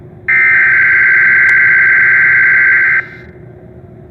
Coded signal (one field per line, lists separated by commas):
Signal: Emergency Alert System (SAME) tones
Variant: header bursts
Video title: Required Monthly Test (EAS #889)